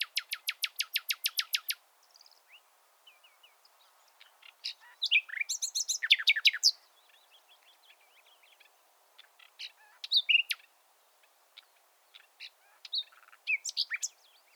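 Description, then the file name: Common nightingale song: a fast even rattle of repeated notes, then quieter scattered phrases and bursts of varied notes. "Luscinia megarhynchos"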